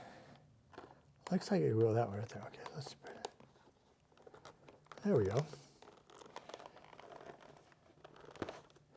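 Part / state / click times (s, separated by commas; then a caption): intercom control unit onto helmet side mount / seated / 8.4 s. Someone talks while spreading a mount and pressing a plastic intercom communicator control unit onto its bracket on the side of a Schuberth E2 motorcycle helmet, with small plastic handling clicks and rustles in between. A sharp snap at 8.4 s marks the control unit seating into place on the helmet side mount.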